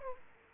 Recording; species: mosquito wingbeat signal from an infrared sensor; Aedes aegypti